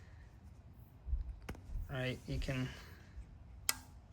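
On the lift pump assembly of a diesel truck with a 7.3 Powerstroke, a part held in by a seal is pushed back into its bore in the pump housing while someone talks. A single sharp click at 3.7 s marks the part seating back in place, which is good.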